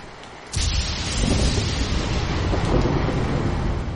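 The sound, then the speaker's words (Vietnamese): During heavy rain over a town, a sharp thunder crack bursts in after a brief quiet moment as lightning strikes and shatters a wooden signboard, then rolls into a loud, sustained rumble that stays heavy and low for several seconds without fading. “Một tiếng sấm vang, tia chớp xé rách hư không rơi vào tấm bảng trấn Nam Vương phủ.”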